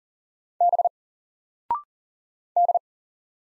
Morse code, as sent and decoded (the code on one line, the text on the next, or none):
-... / -..
B D